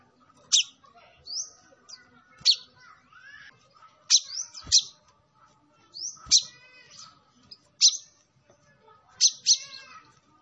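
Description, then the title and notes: Sunbird song: sharp high chirps and downslurred whistles in irregular bursts, with softer twittering between them. Kolibri Ninja singing actively (gacor), with full fill-in phrases and 'tembakan' bursts, used as a lure for training other birds. "MASTERAN KOLIBRI NINJA TERBAIK FULL ISIAN DAN TEMBAKAN MEWAH COCOK BUAT PANCINGAN. Suara Burung Kolibri Ninja Gacor"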